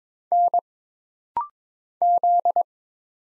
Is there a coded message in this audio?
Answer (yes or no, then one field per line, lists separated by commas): yes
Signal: Morse code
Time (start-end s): 0.3-2.6 s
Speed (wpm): 23 wpm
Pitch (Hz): 700 Hz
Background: none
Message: N Z